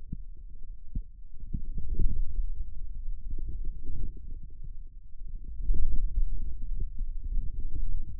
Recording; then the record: forearm muscle sounds (acoustic myography)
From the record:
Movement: radial deviation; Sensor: system 2, bracelet of six BSWA MPA416 microphones around the upper forearm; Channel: 6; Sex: male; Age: 22 years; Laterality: right